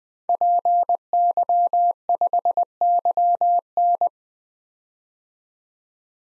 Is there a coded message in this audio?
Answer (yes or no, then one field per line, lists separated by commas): yes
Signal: Morse code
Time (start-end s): 0.3-4.1 s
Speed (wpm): 20 wpm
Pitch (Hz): 700 Hz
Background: none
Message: PY5YN